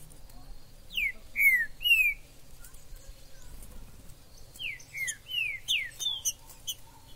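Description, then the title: Green-winged saltator singing loud, downslurred whistled notes, first a three-note phrase, then a longer run of five or six, over soft background chirping. Wild bird in the forest, calling, singing and displaying as a male in a contest; used to stimulate a kept bird. "TRINCA Piando, Cantando E Macheando Na DISPUTA. TRINCA FERRO no MATO. Trinca ferro MAJOR no MATO"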